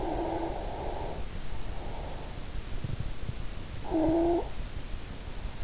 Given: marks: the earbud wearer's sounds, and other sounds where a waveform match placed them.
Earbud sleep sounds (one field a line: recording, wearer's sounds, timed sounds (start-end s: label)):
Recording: sounds in sleep by an in-ear microphone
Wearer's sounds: snoring breath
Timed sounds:
0.00-2.26 s: snoring breath
3.80-4.54 s: snoring breath